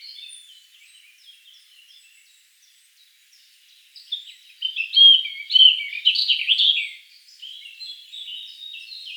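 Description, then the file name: European robin singing softly at first, then a louder tumbling phrase of high trills and squeaky notes midway, fading to quiet twitters. "Erithacus rubecula"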